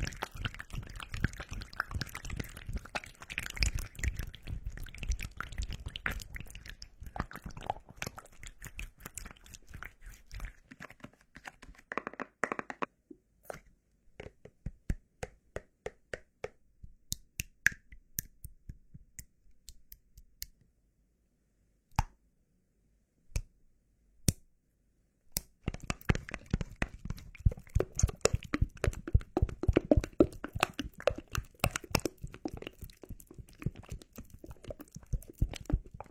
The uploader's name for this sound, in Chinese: 乳液按摩！黏黏的…